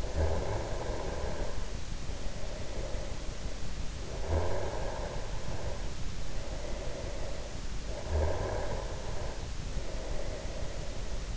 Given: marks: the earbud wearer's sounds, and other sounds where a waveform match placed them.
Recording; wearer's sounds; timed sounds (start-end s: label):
sounds in sleep by an in-ear microphone; snoring breath
0.00-3.59 s: snoring breath
3.85-7.63 s: snoring breath
7.78-11.37 s: snoring breath